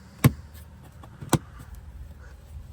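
A plastic fuse box trim cover is pressed one-handed into the interior panel of a 2024 Chevy Colorado truck during a Wolfbox G900 Pro dual dash cam install. Two sharp clicks are heard at 0.2 s and 1.3 s over a quiet background, with fainter small taps between them. The cover snaps fully into place and is seated.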